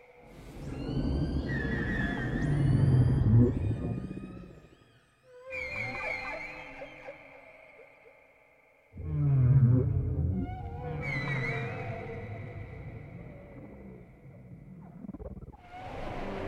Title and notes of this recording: WHALE SOUNDS, WHITE NOISES. WHALE SOUNDS WITHOUT MUSIC